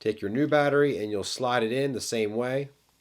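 A new CR2450 coin cell battery is being slid into the battery holder of a Hyundai Elantra key fob while someone talks throughout. The battery has not seated or clicked into the holder yet.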